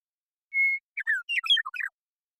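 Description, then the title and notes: Western meadowlark whistles one long even note before launching into a quick jumbled run of bubbly, flute-like notes, with no other sounds. Song at natural pace; recorded in the Pacific Northwest, Washington, United States. "Western Meadowlark, Sturnella neglecta, song, contact calls, and flush, family: Troupials and Allies Recorded in the beautiful Pacific Northwest in Washington, United States"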